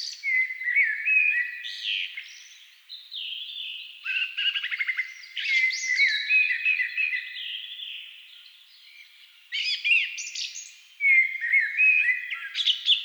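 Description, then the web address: Thrush song of almost continuous warbled and whistled phrases, with dense twittering notes overlapping. Thrushes at dusk. "agykontroll CD 3-A természet hangjai Rigók szürkületkor"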